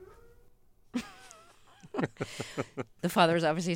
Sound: laughter

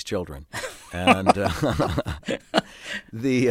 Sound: soundbite of laughter

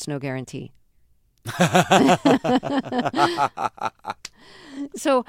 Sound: soundbite of laughter

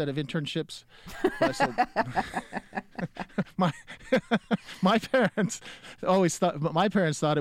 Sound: laughter

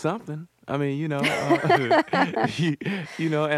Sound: laughter

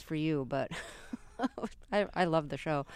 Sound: soundbite of laughter

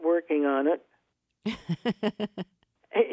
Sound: laughter

